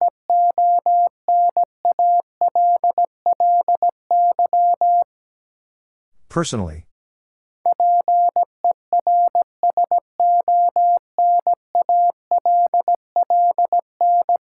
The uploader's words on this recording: Sentences from Top 1400 Words - New Word Drill - 17wpm. First, the word is sent in Morse code.